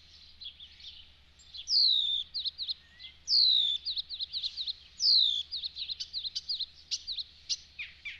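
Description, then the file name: Icterine warbler song: loud, clear descending whistled slurs repeated every couple of seconds, mixed with quick varied chattering and squeaky notes. "Spotvogel"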